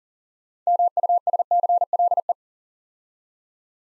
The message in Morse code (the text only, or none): MUSCLE